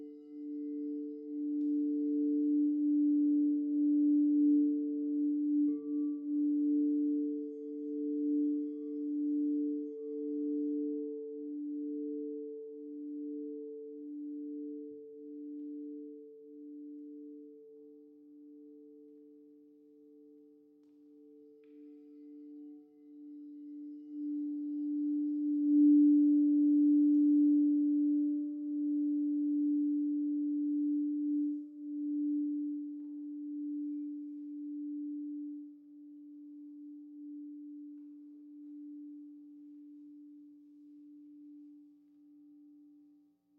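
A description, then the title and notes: A sound bath tone rings out as a steady, pure hum, two clear pitches held together with a slow pulsing waver. The sound eases down through the middle, then swells again around 25 seconds before fading toward the end. Nothing else is heard. Sound bath.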